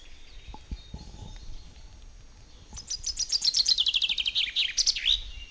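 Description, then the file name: Common chaffinch delivering a cascading song of quick chirps that drop in pitch and finish with an emphatic flourish; a few faint low sounds precede it. "Fringilla coelebs"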